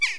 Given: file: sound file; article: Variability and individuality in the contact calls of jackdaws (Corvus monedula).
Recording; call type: jackdaw call; harmonic